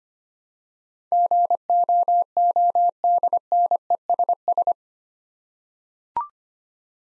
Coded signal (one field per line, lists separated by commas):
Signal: Morse code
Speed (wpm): 25 wpm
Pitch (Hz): 700 Hz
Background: none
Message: GOODNESS